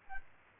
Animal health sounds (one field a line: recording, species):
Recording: mosquito wingbeat signal from an infrared sensor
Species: Aedes albopictus